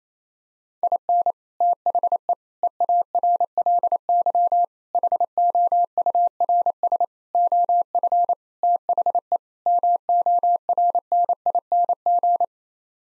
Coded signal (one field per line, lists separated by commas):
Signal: Morse code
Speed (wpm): 28 wpm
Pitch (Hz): 700 Hz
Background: none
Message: IN THE EARLY HOURS OF THE MORNING